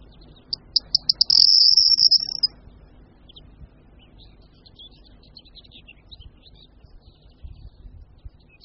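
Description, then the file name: Corn bunting song: a few dry ticks speeding up into a high, jangling, glassy rattle lasting about a second, followed by faint scattered chirps. "Strnad-luční"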